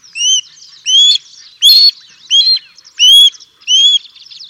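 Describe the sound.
Osprey giving six clear whistled notes, evenly spaced under a second apart, each rising and then dropping slightly at the end.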